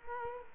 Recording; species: mosquito wingbeat signal from an infrared sensor; Culex quinquefasciatus